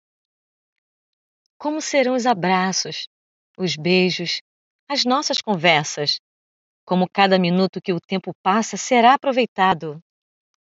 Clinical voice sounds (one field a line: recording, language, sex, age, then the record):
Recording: short text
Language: Brazilian Portuguese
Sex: female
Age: 40 to 49 years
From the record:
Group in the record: control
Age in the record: 48 years